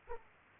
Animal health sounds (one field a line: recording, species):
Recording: mosquito wingbeat signal from an infrared sensor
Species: Aedes aegypti